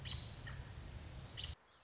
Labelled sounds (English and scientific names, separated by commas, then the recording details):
American Robin (Turdus migratorius)
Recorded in Sonoma County, California